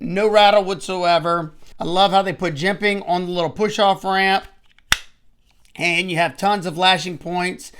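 A Tkell Accomplice fixed-blade knife is pushed into its slim, low-profile ambidextrous kydex sheath with a horizontal clip while someone talks. It snaps into the retention with a sharp, positive click at 4.9 s and sits firmly with no rattle.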